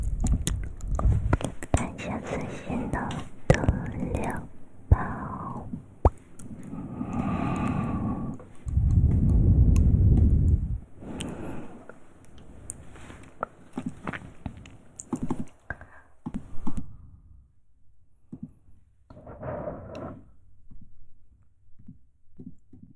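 Mouth sounds: a dense run of wet clicks, pops and smacks fills the first half, with breathy, voiced hums and gurgles swelling around 7 to 11 seconds. After about 16 seconds it thins to scattered sharp clicks and one short voiced burst near 20 seconds.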